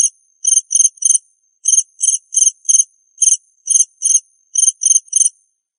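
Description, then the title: High-pitched cricket chirps come in rapid little trains of pulses, each group followed by a short pause, with nothing else audible. "suara Hujan Guntur Suara Jangkrik Dan Burung"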